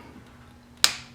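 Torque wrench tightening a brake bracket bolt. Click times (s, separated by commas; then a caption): 0.8 s. A torque wrench set to 26 Nm tightens a bolt on an oversized brake rotor relocation bracket. After a quiet stretch with a faint steady hum, the wrench breaks over with a sharp click at 0.8 s that rings off briefly, followed by another short sharp sound at 1.2 s. The bolt has reached the 26 Nm setting.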